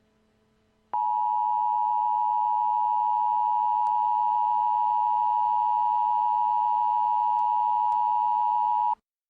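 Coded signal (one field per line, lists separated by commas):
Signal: Emergency Alert System (SAME) tones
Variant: 853 and 960 Hz attention tone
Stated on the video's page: Mock EAS activation for a nuclear attack, a simulated live-action event on an Atlanta radio station, made for entertainment.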